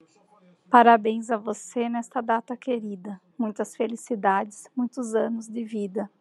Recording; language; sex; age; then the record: short text; Brazilian Portuguese; female; 30 to 39 years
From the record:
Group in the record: control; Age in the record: 35 years